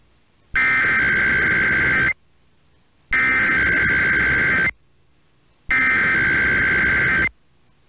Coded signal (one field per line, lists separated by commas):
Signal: Emergency Alert System (SAME) tones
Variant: header bursts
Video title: The KUNA and IPAWS Time Zones Weeklies (EAS #23095-23102) 10/28/24